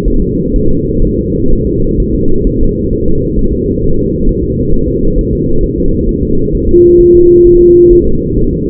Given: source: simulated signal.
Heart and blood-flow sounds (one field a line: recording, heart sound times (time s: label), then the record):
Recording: fetal heart sounds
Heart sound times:
0.08 s: S1
0.22 s: S2
0.56 s: S1
0.71 s: S2
1.05 s: S1
1.19 s: S2
1.53 s: S1
1.67 s: S2
2.00 s: S1
2.14 s: S2
2.47 s: S1
2.61 s: S2
2.93 s: S1
3.08 s: S2
3.39 s: S1
3.53 s: S2
3.84 s: S1
3.99 s: S2
4.29 s: S1
4.44 s: S2
4.74 s: S1
4.88 s: S2
5.19 s: S1
5.33 s: S2
5.63 s: S1
5.78 s: S2
6.09 s: S1
6.23 s: S2
6.55 s: S1
6.69 s: S2
7.01 s: S1
7.15 s: S2
7.47 s: S1
7.61 s: S2
7.93 s: S1
8.07 s: S2
8.38 s: S1
8.53 s: S2
From the record:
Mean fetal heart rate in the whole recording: 130 bpm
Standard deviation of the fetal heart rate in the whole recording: 4 bpm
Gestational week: 38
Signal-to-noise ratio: -17.7 dB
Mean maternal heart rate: 72 bpm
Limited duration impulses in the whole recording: present